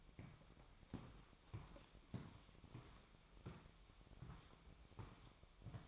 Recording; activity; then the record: daily activity, microphone in the room; walk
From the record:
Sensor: 1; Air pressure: 1001.7 hPa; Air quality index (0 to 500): 222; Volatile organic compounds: 30 ppm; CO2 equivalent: 2959 ppm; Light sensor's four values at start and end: 10/34/12/14 and 10/34/12/14